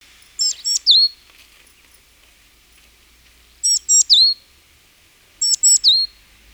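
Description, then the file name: Great tit calls: high, sharp three-note phrases, the last note sweeping down, repeated three times at uneven intervals over a quiet background. "Parus major"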